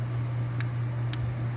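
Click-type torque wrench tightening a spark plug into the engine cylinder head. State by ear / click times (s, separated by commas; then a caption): torque reached / 0.6 s, 1.1 s. A click-type torque wrench tightens the second spark plug into the cylinder head of a Durango SRT 392 engine and clicks at 0.6 s and again at 1.1 s, two sharp, brief ticks over a steady low hum. The plug is torqued to spec.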